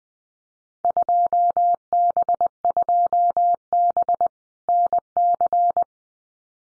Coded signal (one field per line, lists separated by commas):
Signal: Morse code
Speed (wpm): 19 wpm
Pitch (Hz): 700 Hz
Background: none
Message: 2B2B NC